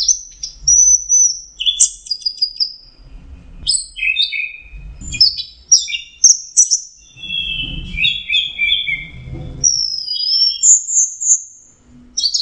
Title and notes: Suara Burung Anis Merah Teler. Masteran Anis Kembang